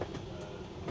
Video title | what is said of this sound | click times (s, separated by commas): Metronom RE-2 1. Klasse Abschied und RB81 1.Klasse von Hannover nach Nordhausen | Ja, die rastet ein. | 0.0 s